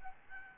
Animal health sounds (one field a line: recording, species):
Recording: mosquito wingbeat signal from an infrared sensor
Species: Aedes albopictus